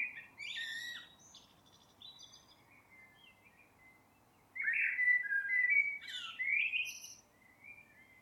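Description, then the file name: Eurasian blackbird song: the end of one phrase, a few soft notes, then a full phrase of low, fluted, warbled whistles ending in a squeaky, high twittering flourish. "Turdus merula"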